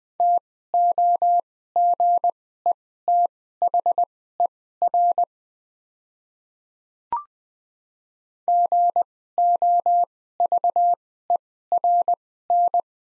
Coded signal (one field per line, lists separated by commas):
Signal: Morse code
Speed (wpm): 20 wpm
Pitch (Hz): 700 Hz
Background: none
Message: TOGETHER GOVERN